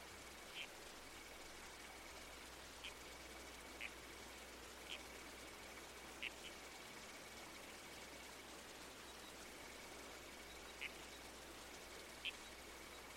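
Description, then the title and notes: Red-crowned toadlet giving short clipped calls at irregular intervals, with a faint continuous high tone and flowing water behind. Night-time bush soundscape with a babbling creek and trees swaying in the wind. "Red-Crowned Toadlet. Nocturnal Worlds"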